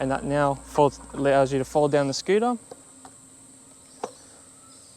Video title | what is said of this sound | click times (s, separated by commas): Dragon GTRv2 2022 Model REVIEW ! | you go and then that actually clicks into place so you can actually pick this up now from the stem and | 4.0 s